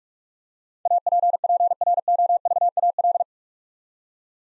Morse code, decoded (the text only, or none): APPROVAL